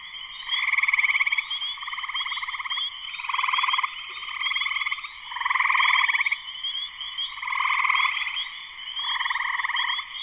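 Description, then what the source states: Dense spring peeper chorus with a continuous shrill piping tone and rhythmic swells of buzzy trills rising and falling throughout. Spring peepers in full chorus shortly after sunset, Sleeping Bear Dunes National Lakeshore, northern Michigan, USA.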